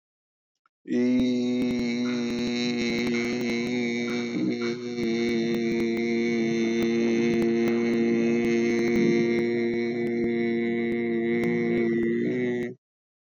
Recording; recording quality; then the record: sustained vowel as in beet; excellent, no background noise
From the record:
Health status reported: exposed to COVID-19, no respiratory illness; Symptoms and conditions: cold, fatigue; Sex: male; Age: 51 years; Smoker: no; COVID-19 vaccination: both doses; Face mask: worn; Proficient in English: yes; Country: India